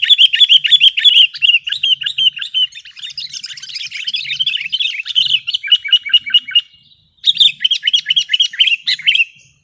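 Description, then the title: Sooty-headed bulbul song: dense, fast twittering phrases of bright slurred notes, a brief pause near seven seconds, then another lively burst. "kutilang"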